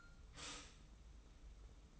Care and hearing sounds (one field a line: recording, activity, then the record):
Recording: daily activity, microphone in the room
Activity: stop toaster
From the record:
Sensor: 1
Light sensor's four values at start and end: 27/65/27/30 and 28/65/27/30